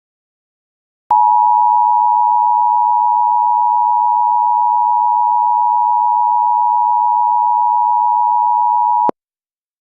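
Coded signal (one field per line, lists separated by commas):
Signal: Emergency Alert System (SAME) tones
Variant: 853 and 960 Hz attention tone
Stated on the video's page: Fictional Halloween EAS scenario, not a real alert.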